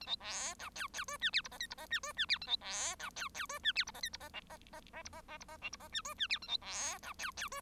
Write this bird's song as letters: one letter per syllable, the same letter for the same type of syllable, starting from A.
A B C D E E F G H I J K I J G F G H A B C D E E F G H I J K I J L J J J I J J I J L I J G F G H A B C D E E F